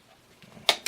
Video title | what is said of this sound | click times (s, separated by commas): ETS GLK-19 Magazine Review (the factory Mag alternative?) | There we go. I heard it pop. | 0.7 s